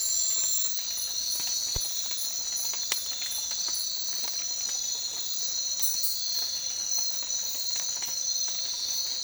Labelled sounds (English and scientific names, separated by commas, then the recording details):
none
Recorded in secondary vegetation near Puerto Asís, Putumayo, Colombia, on 19 March 2025 at 03:30
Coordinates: 0.499, -76.323
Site G094